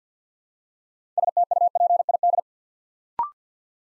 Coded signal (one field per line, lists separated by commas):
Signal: Morse code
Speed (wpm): 50 wpm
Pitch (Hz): 700 Hz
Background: none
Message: STUPID